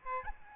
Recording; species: mosquito wingbeat signal from an infrared sensor; Aedes albopictus